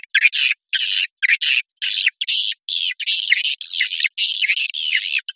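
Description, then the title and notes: Swiftlet chirping: loud, buzzy high chirps in short separate bursts with brief silent gaps between. Sound used for swiftlet farming in Asia. "Swiflet Bird Sound. Farming Swiflet Bird asia sound"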